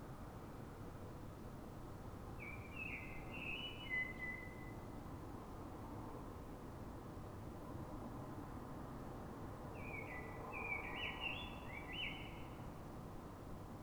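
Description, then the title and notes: Common blackbird song: a short fluty phrase, a long pause, then a second richer warble ending in twitters, against constant low noise. City blackbird singing before dawn in Fuenlabrada, Madrid, Spain, so other blackbirds can hear it before human noise begins; described as a call sound; recorded with a Zoom H1n recorder. "Pl. de Francisco Escolar, 10, 28944 Fuenlabrada, Madrid, España - Sonido Reclamo de Mirlo. Mirlo cantando, es un sonido de reclamo. Normalmente los Mirlos de las ciudades cantan antes del amanecer"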